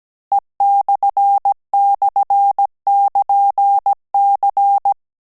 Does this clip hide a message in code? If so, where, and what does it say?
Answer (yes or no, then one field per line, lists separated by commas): yes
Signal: Morse code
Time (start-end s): 0.3-4.9 s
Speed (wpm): 17 wpm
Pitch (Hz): 800 Hz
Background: none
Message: E//<KN>C